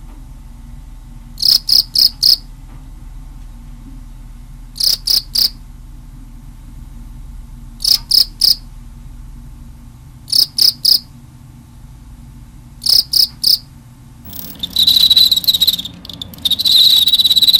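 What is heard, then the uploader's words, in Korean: A cricket chirps in crisp bright bursts of three or four pulses every few seconds, then breaks into a denser continuous trill near the end. 귀뚜라미 짝짓는 소리.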